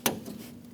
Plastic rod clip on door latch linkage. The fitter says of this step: and you'll hear that locking tab click.